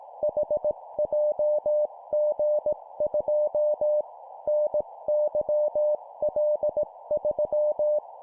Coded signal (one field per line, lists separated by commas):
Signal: Morse code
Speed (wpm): 18 wpm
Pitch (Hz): 600 Hz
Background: none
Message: HJG2 NYL3